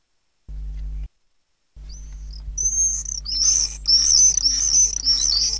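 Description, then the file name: Common swift calls, a couple of thin high whistles, then a burst of shrill, rasping screams building over the last two seconds, over a steady low hum. "apus apus"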